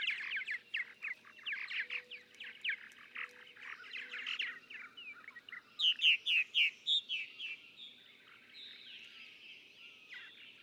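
Purple martin chattering song of quick gurgled chirps, then a series of loud, evenly spaced squeaky notes that fade into soft chatter.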